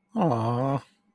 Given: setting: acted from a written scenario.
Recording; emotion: vocal sound without words; adoration